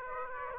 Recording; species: mosquito wingbeat signal from an infrared sensor; Aedes aegypti